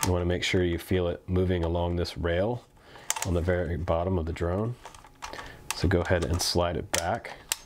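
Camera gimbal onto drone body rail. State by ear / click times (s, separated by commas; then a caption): not seated / none. Someone talks while a camera gimbal is placed onto a Dragonfly 4K folding drone and slid back along the rail on the very bottom of the drone body, with faint handling noise and a brief knock at 5.2 s. The gimbal has not locked in yet, and its two side clips have not snapped into place.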